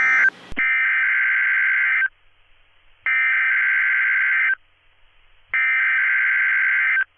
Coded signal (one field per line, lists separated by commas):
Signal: Emergency Alert System (SAME) tones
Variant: header bursts